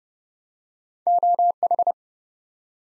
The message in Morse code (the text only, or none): OH